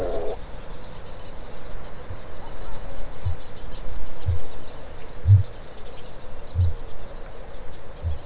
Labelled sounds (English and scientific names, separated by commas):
Kākāpō (Strigops habroptilus) boom